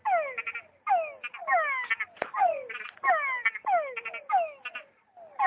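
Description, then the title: Frog calling in quick bursts: harmonic notes sweeping downward, mixed with short pulsed rattles, repeated roughly every second with brief pauses between groups. "tabogaÂ´s frog"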